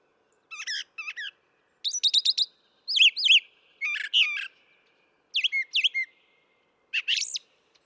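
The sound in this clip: Brown thrasher song of short paired phrases: sharp chips, slurred whistles and rough notes, each pair followed by a brief pause.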